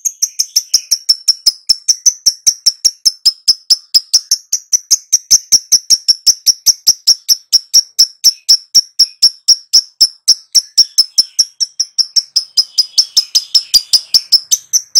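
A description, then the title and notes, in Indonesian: A lovebird gives a fast, steady run of sharp, high chirps, repeating several times per second without pause for the whole stretch. The calls are bright and clicky, fairly even in loudness, with a faint softer chatter showing up briefly near the end. Pancingan Lovebird.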